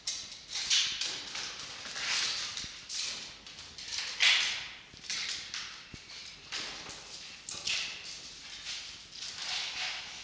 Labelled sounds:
Red Fox (Vulpes vulpes)

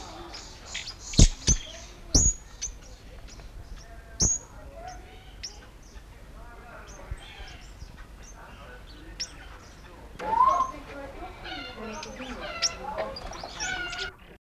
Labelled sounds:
Orange-breasted Fig Parrot (Cyclopsitta gulielmitertii) call

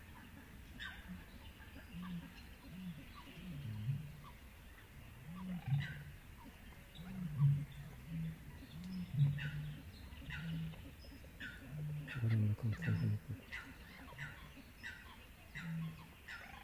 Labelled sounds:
Little Crake (Porzana parva) call

